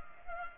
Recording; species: mosquito wingbeat signal from an infrared sensor; Culex pipiens